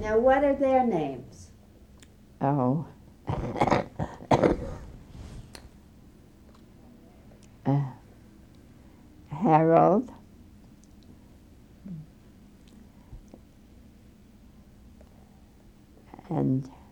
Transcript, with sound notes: And what are their names?
Oh. (coughs) Harold, and